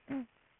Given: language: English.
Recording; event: throat vibration sensor signal played as sound; throat clearing